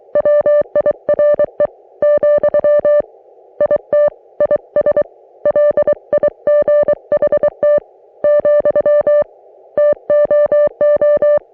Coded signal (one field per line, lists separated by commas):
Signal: Morse code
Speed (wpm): 23 wpm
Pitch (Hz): 590 Hz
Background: music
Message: WIRE , IT IS LIGHT , TOO